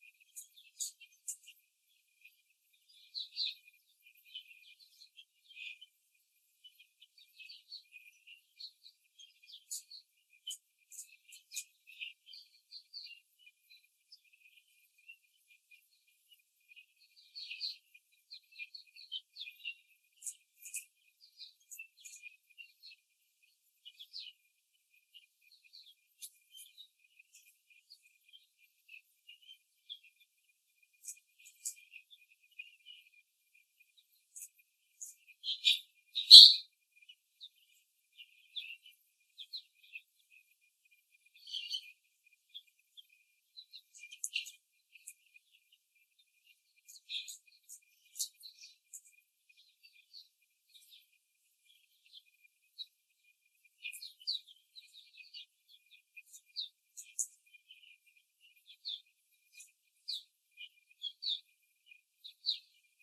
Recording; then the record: young laying hens in a cage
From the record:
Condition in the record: before the stressor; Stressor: simulated dog barking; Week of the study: 3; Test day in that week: 2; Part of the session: 4